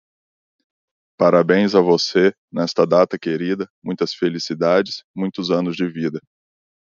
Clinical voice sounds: short text; Brazilian Portuguese; male; 30 to 39 years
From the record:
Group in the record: control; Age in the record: 38 years

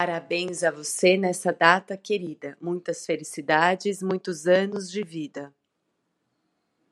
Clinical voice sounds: short text; Brazilian Portuguese; female; 40 to 49 years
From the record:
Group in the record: control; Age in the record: 45 years

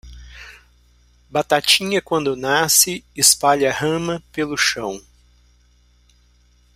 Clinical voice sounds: short text; Brazilian Portuguese; male; 50 to 59 years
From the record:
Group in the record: control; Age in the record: 55 years

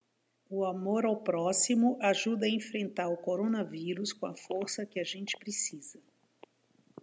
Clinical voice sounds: spoken sentence; Brazilian Portuguese; female; 60 to 69 years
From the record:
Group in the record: control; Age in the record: 60 years

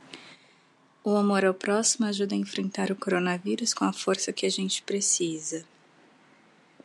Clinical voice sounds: spoken sentence; Brazilian Portuguese; female; 30 to 39 years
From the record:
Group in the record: control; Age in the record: 32 years

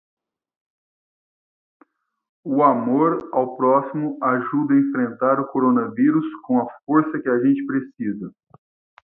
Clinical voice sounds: spoken sentence; Brazilian Portuguese; male; 40 to 49 years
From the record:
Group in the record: control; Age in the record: 44 years

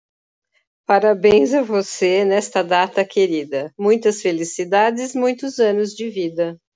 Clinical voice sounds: short text; Brazilian Portuguese; female; 50 to 59 years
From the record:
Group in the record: control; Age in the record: 57 years

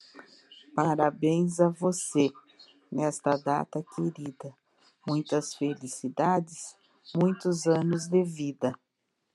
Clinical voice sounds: short text; Brazilian Portuguese; female; 60 to 69 years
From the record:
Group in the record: control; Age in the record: 62 years

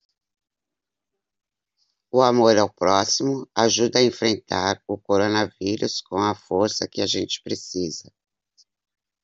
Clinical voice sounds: spoken sentence; Brazilian Portuguese; female; 60 to 69 years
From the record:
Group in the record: control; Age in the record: 65 years

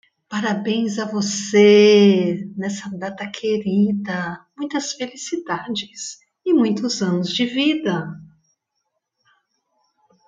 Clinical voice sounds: short text; Brazilian Portuguese; female; 50 to 59 years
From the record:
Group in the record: control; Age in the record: 55 years

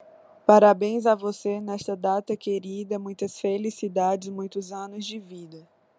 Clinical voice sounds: short text; Brazilian Portuguese; female; 30 to 39 years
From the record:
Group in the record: control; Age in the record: 33 years

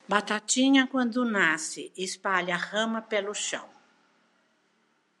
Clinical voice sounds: short text; Brazilian Portuguese; female; 70 to 79 years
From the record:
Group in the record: control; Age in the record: 78 years

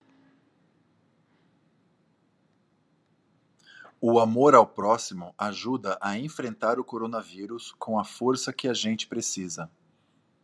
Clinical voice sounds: spoken sentence; Brazilian Portuguese; male; 40 to 49 years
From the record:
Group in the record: control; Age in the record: 43 years

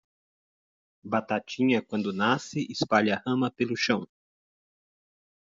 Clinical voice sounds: short text; Brazilian Portuguese; male; 50 to 59 years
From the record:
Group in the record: control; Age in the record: 58 years

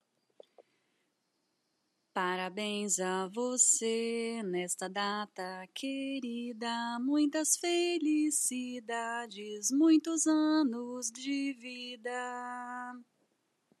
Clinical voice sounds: short text; Brazilian Portuguese; female; 30 to 39 years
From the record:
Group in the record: control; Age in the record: 31 years

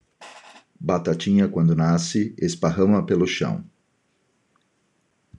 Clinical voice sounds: short text; Brazilian Portuguese; male; 50 to 59 years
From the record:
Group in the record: control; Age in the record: 52 years

